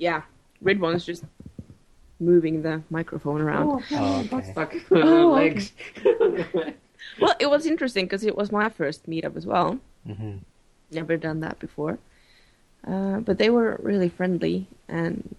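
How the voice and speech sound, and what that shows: A Norwegian adult who does not stutter talks conversationally in a small room among a group of people who stutter. Phrasing is smooth, with natural pauses and brief backchannel replies from another voice. There are no blocks, repetitions or prolongations. This is ordinary fluent speech.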